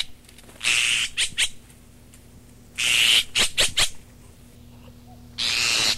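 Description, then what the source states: Azure tit giving three loud hissing bursts, the first two trailed by a few sharp rasping clicks, over a quiet background. Recorded 12 June 1992.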